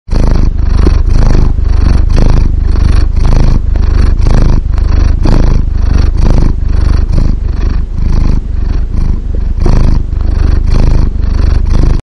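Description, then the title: Domestic cat purring loudly and steadily, a deep continuous rumble. The uploader's own pet cat. "kucingku"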